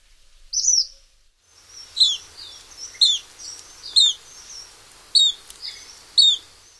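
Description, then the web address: Black phoebe song, a run of thin high chippy notes roughly once a second, mixed with softer twittering and light background hiss. "Songs of Birds of North America Stokes. Black Phoebe"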